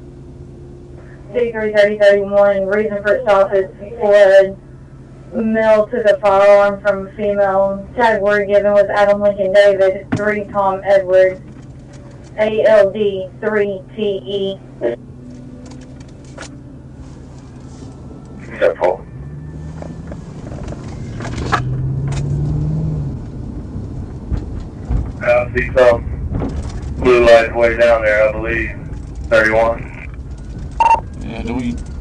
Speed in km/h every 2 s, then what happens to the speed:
0, 0, 0, 0, 0, 0, 0, 0, 0, 0, 23, 29, 21, 13, 13, 13.
0-18 standing. 18-21 pulls away to 29. 22-26 brakes to 13. 26-32 steady at about 13.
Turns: none.